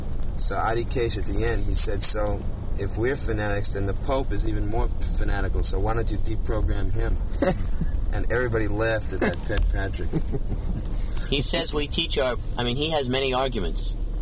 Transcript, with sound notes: So Ādikeśa, at the end, he said, so, if we're fanatics, then the Pope is even more fanatical, so why don't you deprogram him? And everybody laughed at that Ted Patrick. [laughter]
He says we teach our... I mean he has many arguments.